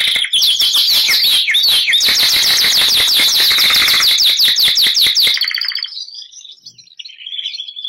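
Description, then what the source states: Canary (Bernois): canary song with a loud, fast repeated trill for about five seconds, then softer scattered whistled notes fading out. Bernois canary breed.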